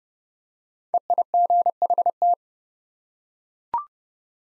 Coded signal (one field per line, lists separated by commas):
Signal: Morse code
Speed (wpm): 30 wpm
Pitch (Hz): 700 Hz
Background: none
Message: EIGHT